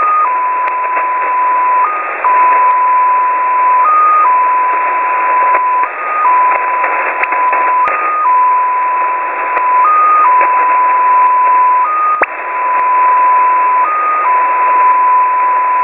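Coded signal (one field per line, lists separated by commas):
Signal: numbers station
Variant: XPA2 polytone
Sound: steady tone with a brief higher step about every two seconds, over hiss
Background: radio static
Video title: Russian XPA2 polytone number station at 14538 kHz (long message)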